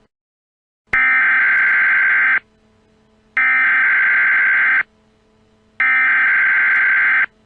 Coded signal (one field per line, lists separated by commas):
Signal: Emergency Alert System (SAME) tones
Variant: header bursts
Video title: EAS Scenario- Tyrone, PA Chemical Plant Disaster